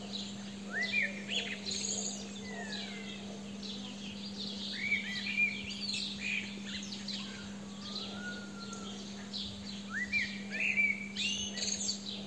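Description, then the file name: Eurasian blackbird: short rising notes and high chirps repeated irregularly over a steady low hum. "Turdus merula"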